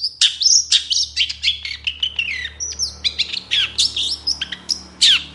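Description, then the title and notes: Long-tailed shrike song of varied chirps, whistled slurs and raspy notes delivered quickly and unevenly, with a steady low hum in the background. Morning song of a strongly singing cendet, varied 'toet toet' notes, played as a lure to prompt reluctant, stalled or stressed cendet birds to start singing. "Cendet Gacor Dor Di Kala Pagi Toet Toet Variasi Suara. PANCINGAN CENDET MALAS BUNYI CENDET MACET CENDET STRESS. Burung cendet"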